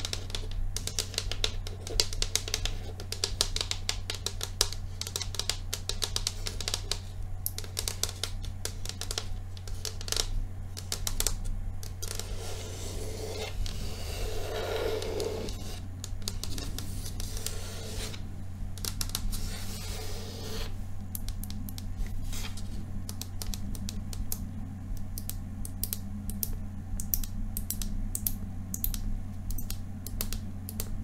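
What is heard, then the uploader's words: Quick fingernail tapping and scratching on a table runs throughout in dense, irregular bursts of crisp clicks. Around the middle, from about 12 to 20 seconds, a softer rubbing scratch takes over before the tapping returns. A low steady hum sits underneath. ASMR INVISIBLE TRIGGER WORDS TAPPING & SCRATCHING PINK TABLE.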